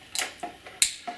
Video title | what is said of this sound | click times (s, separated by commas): DAA Automatic Brass Marker | use the 220 European these simply click into place should | 0.8 s